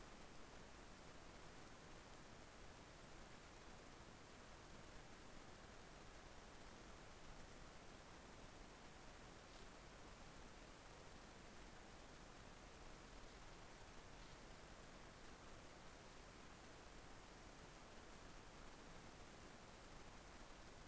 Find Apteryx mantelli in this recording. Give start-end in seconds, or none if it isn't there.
none